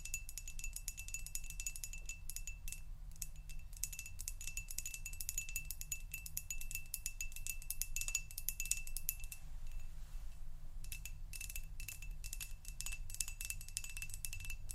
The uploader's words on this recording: ASMR Intoxicating Tapping New Triggers（No Talking）.